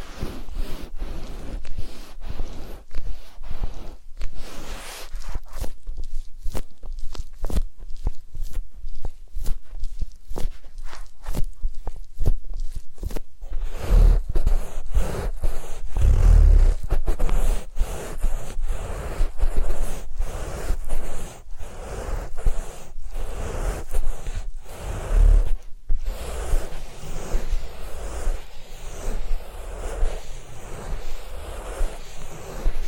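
Ear cleaning and massage sounds: a dense run of crackling, scratching taps and rustles that continue without a break. Up to about 14 seconds the strokes are thin and bright; after that they turn fuller, with soft low thumps near 15 and 25 seconds.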